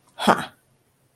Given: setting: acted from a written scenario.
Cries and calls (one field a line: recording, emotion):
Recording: vocal sound without words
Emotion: pride